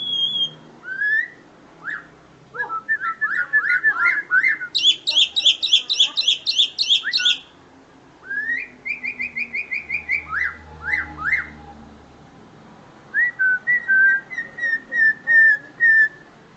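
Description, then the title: Black-winged myna singing a long varied medley of rising whistles, quick chattering bursts, a high buzzy trill, and clear whistled phrases with short pauses. Dense, continuous song with many variations, used as a model recording for training other birds to sing. "Kicauan Rapat Jalak Putih Gacor Banyak Variasi Untuk Masteran"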